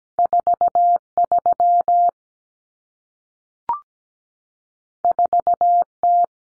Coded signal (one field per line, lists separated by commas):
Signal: Morse code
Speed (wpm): 17 wpm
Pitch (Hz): 700 Hz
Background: none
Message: 43 4T